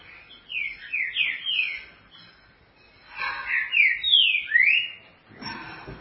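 Green-winged saltator singing two loud whistled phrases of slurred notes, with a brief noise at the end.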